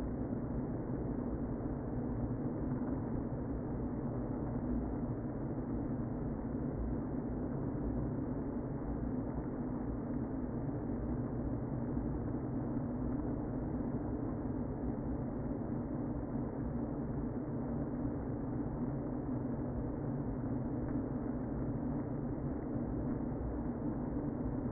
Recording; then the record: honeybee colony, microphone inside the hive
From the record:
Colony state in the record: queen present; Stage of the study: before two queens were removed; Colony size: about 60,000 bees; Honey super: yes